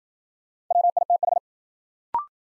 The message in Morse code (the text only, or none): WITH